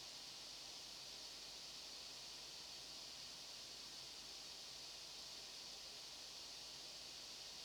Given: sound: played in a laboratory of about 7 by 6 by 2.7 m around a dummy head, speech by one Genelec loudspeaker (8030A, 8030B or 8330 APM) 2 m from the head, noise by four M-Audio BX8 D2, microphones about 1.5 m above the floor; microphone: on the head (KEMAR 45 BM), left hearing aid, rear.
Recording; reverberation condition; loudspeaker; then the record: white noise; low; four, about 170 cm from the corners of the room and facing them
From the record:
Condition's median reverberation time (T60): about 310 ms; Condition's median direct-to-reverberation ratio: about 3.5 dB